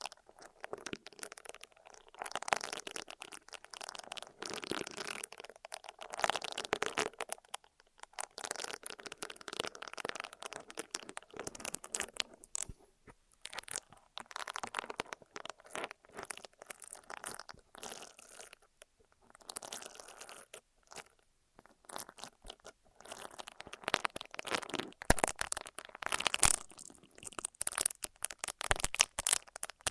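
Ear massage and cleaning sounds: dense, crackly rubbing and crunching that runs for the whole clip in quick, irregular bursts. Bright scratchy textures swell and fade every few seconds, with brief near-silent gaps around 8, 14 and 20 seconds.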